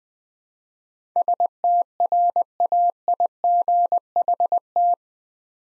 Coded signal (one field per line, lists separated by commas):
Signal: Morse code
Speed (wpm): 21 wpm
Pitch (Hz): 700 Hz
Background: none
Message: STRAIGHT